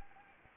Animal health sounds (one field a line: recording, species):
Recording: mosquito wingbeat signal from an infrared sensor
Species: Anopheles gambiae